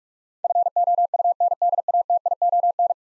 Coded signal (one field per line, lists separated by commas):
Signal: Morse code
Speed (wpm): 46 wpm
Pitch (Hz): 700 Hz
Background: none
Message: FOUNDATION